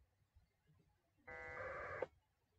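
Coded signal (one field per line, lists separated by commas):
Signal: packet radio (AX.25, as in APRS)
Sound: a single short, harsh, buzzy data burst of under a second, after quiet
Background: quiet room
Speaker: put the Vox back on and let me initiate another connection let's see what it does here so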